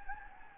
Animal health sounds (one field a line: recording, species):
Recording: mosquito wingbeat signal from an infrared sensor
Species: Anopheles gambiae